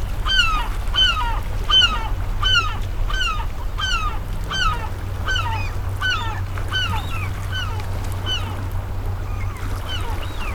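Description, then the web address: Gulls calling, a rapid series of sharp, downward-slurred cries repeated over a steady low engine drone of boat traffic. Seagulls amid sea traffic, with boats and a ferry. "best service Blue Box sea traffic boat ferry seagulls"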